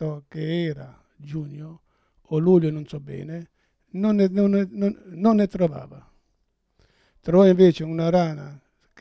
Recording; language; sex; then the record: read passage; Italian; male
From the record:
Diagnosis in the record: Parkinson's disease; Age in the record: 71 years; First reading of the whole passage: 62 s, 8.3 characters per second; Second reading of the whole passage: 53 s, 9.9 characters per second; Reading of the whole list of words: 66 s, 4.2 characters per second